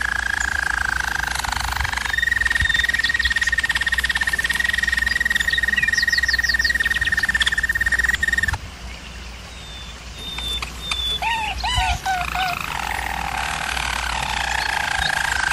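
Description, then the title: German Roller canary singing a sustained steady roll for several seconds, pausing, then adding quick looping whistles before resuming trills. German Roller canary singing, for canary training. "German Roller Canary Singing - Canary Training Vid"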